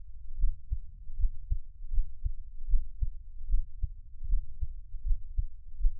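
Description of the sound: A Taiwanese ASMR creator's own heartbeat, heard close up: a steady, low lub-dub at about 78 beats a minute, regular rhythm, with no talking.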